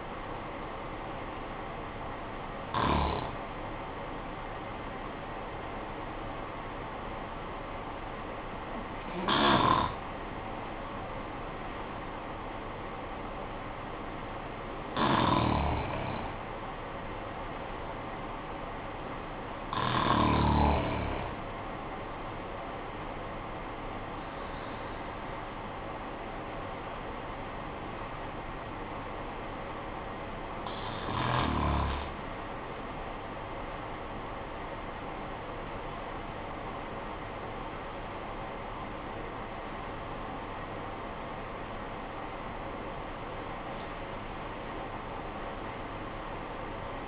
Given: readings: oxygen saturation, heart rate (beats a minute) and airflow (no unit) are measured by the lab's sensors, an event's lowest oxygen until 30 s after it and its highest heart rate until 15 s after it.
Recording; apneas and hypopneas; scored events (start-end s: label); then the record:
breathing in sleep by a voice recorder at the bedside; 2
8.00-20.50 s: hypopnea (N1, oxygen 97% highest, then 94% lowest, heart rate 51 at the start, 59 highest)
32.00-42.70 s: hypopnea (N1, oxygen 94% highest, then 90% lowest, heart rate 53 at the start, 76 highest)
From the record:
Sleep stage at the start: N1 (lightest sleep); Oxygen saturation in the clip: 89 to 97%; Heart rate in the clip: 49 to 75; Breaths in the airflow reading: 7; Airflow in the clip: -12.1 to 14.0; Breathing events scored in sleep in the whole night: 445 in 7.6 hours asleep